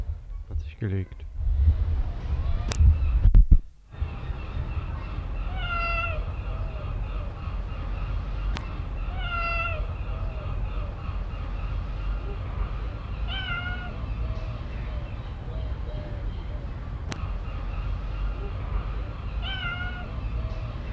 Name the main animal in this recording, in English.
Cheetah